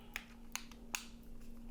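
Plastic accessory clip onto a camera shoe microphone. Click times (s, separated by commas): 0.6 s, 1.0 s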